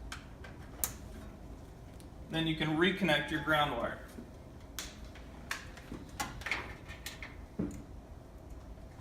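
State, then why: Seated. A door heater harness's plastic connector for a Model 3576 vending machine, its little ears out so it locks into place, is plugged into the bottom of the machine's power box and seats with a sharp tick at 0.8 s. Someone then talks, and a few more light ticks and taps follow.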